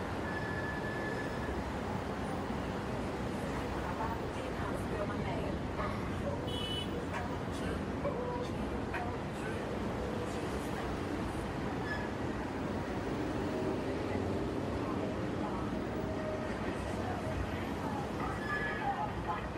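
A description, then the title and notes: Heavy traffic rumbles steadily across a bridge, a dense, continuous low roar that never lets up. Voices of people come and go over it, with brief higher squeals and clatters, including a thin tone near the start and scattered sharp sounds throughout. Soundscape of Brooklyn Bridge in New York City. It was already after 10pm on Saturday night, but the traffic was still heavy on the bridge. In this recording, you can feel the summer night of Brooklyn, NY. Binaural City Sounds.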